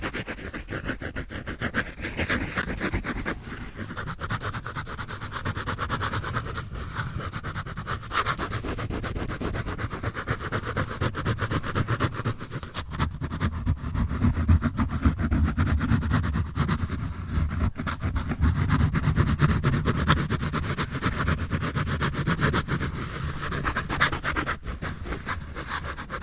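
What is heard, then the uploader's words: Pencil scratching on paper while drawing, a steady dense rasp of short strokes running the whole time. The rubbing grows fuller and lower from about 13 seconds, with brief gaps and pauses scattered throughout. ASMR Pencil On Paper Sounds Drawing, Scratching No Talking.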